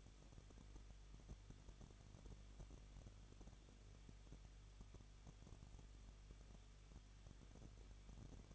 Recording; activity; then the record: daily activity, microphone in the room; no activity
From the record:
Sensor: 4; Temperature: 23.1 degrees Celsius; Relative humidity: 33.9%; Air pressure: 1007.2 hPa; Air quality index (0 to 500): 216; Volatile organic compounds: 15 ppm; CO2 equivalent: 2492 ppm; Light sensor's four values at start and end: 2/3/1/1 and 2/3/1/1